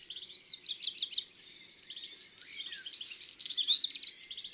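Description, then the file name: Black redstart singing a short run of sharp, high warbled notes, a brief pause, then a long hissing, crackly section ending in fast high notes. "Rougequeue noir ABC des chants doiseaux"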